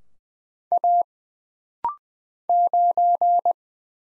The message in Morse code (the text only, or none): A 9